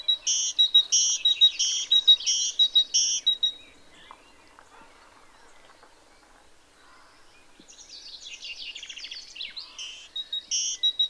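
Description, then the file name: Great tit song: a rhythmic series of repeated high two-note phrases, a quiet pause with faint scratchy sounds, then the repeated phrases return. "Parus major"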